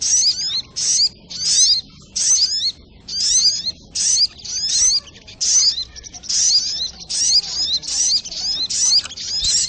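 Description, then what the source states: Little spiderhunter song of high, sharp chattering bursts of quick swept notes, repeated with short pauses between. Masteran training recording, labelled Labaik.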